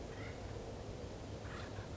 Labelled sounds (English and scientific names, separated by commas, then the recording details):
Acorn Woodpecker (Melanerpes formicivorus)
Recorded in Sonoma County, California